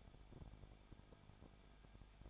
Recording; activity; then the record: daily activity, microphone in the room; no activity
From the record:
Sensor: 5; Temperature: 20.9 degrees Celsius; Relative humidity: 35.1%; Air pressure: 994.7 hPa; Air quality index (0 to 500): 154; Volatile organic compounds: 2 ppm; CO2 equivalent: 1289 ppm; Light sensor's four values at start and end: 2/3/1/1 and 2/3/1/1